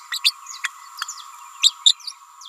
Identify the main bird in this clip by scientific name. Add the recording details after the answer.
Forpus passerinus. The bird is a female. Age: 29 days. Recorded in a nest box in Venezuela. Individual 17B31A3